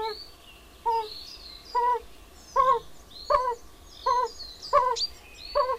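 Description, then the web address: Yellow-bellied toad giving short 'oop' calls at a steady pace of about one every 0.8 seconds, with higher-pitched calls in the background. "Hangok Bombina variegata"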